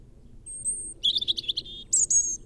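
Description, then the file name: European robin song: a pure thin high whistle, then a rapid stuttering run of liquid notes and two piercing very high squeaks. "Erithacus rubecula"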